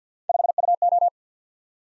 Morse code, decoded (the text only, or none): 5UO